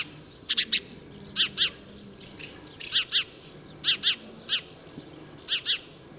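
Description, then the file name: House sparrow chirps, short harsh notes mostly in pairs, repeated about once a second with brief pauses, against a faint low background hum. "Passer domesticus"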